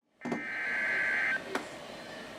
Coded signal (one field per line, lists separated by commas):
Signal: Emergency Alert System (SAME) tones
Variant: header bursts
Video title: 2 Severe Thunderstorm Warnings in Two Days For Durham, NC (EAS #23 & 24)